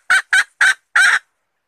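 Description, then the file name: Red junglefowl hen gives four loud, hoarse clucks, the last held slightly longer than the others. Hen (female) calling to find a mate. "tieng ga rung mai keu tim kiem ban tinh"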